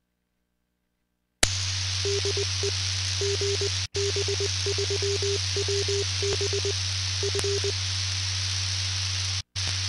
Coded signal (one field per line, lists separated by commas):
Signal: Morse code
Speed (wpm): 20 wpm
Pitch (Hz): 400 Hz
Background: radio noise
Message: DE GB3WB F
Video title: HAM Radio UHF (#GB3WB) // RX Only: #MW6JUY Loc: IO81PQ // #Radio #HAMRadio #HAMR